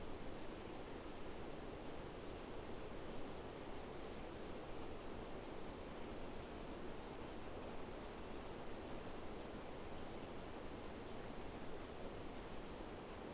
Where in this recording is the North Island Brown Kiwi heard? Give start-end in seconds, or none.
none